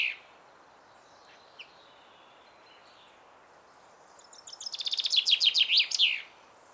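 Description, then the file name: Common chaffinch song: after a few scattered notes, a fast run of bright notes begins around four seconds in and descends before ending in a flourish. "Fringilla coelebs"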